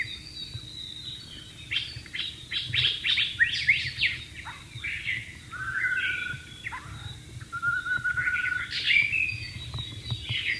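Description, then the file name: White-rumped shama song: a fast series of rich whistles and sharp chirps, some sliding downward, mixed with longer warbled phrases, over a low steady background hum. Heard in the wild. "suara burung murai batu di alam liar"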